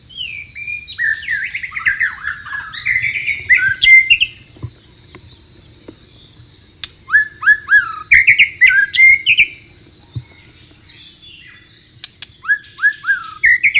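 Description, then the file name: White-rumped shama song, bursts of varied whistled and trilled phrases with pauses between, the bird resuming loudly after each gap. Wild bird recorded in natural habitat. "suara burung murai batu di alam liar"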